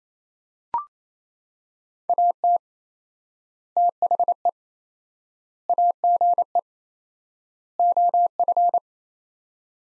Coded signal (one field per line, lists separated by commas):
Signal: Morse code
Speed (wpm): 28 wpm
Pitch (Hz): 700 Hz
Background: none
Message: AT THE AGE OF